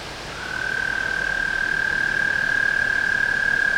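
Tree frog trilling: a high buzz that starts after a moment, swells over the first second and then carries on steadily.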